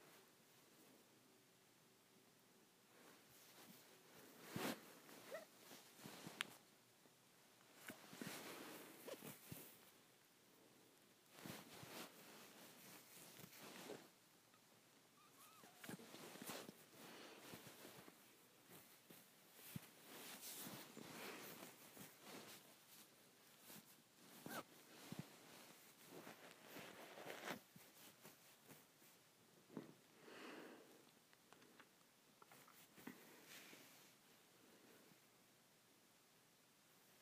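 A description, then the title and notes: Dry scratching of fingernails through hair comes in irregular rustling bursts, some brief and sharp, others longer, separated by short quiet pauses. ASMR Scratching my Head.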